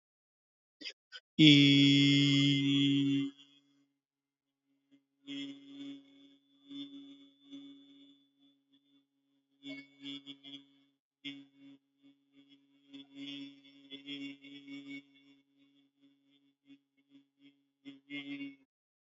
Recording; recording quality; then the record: sustained vowel as in beet; excellent, no background noise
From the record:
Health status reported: healthy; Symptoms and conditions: none ticked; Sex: male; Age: 22 years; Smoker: not ticked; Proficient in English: yes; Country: India